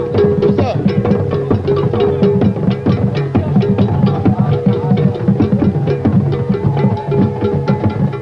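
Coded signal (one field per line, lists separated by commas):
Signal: talking drum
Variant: Asante (Akan) drumming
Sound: busy drum ensemble with repeated low pitched strokes and sharp wooden hits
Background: drum ensemble, crowd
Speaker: Talking drums sing the praises of the new king, and chanters celebrate the glorious past of the nation.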